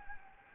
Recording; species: mosquito wingbeat signal from an infrared sensor; Anopheles gambiae